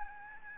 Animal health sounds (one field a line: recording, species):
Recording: mosquito wingbeat signal from an infrared sensor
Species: Aedes albopictus